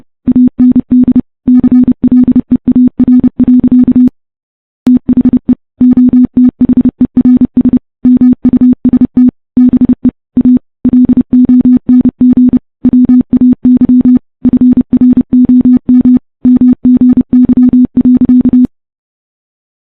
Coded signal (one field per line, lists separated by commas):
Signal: Morse code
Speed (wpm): 29 wpm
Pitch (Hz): 250 Hz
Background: none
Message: AND CLEAR. THE OTHERS MUST BE A LONG WAY FROM MGY.